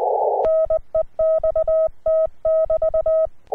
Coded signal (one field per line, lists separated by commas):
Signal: Morse code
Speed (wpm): 20 wpm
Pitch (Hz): 640 Hz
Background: none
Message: NEXT<BT>